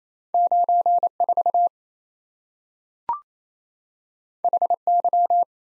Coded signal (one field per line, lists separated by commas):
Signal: Morse code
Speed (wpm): 27 wpm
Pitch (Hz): 700 Hz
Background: none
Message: 94 HY